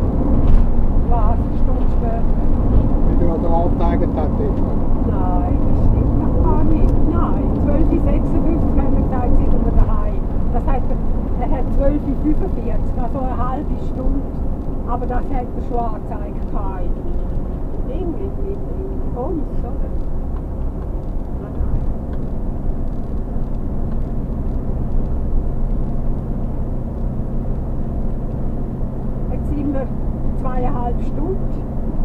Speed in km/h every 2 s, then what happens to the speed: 92, 92, 92, 92, 92, 92, 88, 87, 83, 81, 79, 77, 77, 77, 77, 79.
0-10 steady at about 92. 10-21 slows to 77. 21-32 steady at about 77.